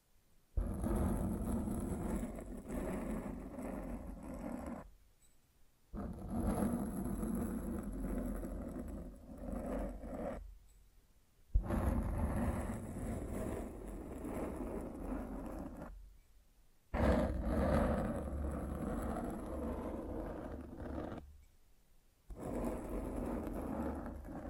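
Mic scratching comes in long rough bursts of about four to five seconds, each cut off by a short silence near 5, 11, 16 and 21 seconds. The rubbing is dense and mostly low and rumbling, with a thin, bright whine running along the top.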